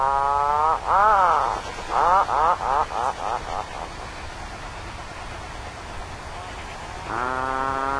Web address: Songs of Birds of North America. Horned Puffin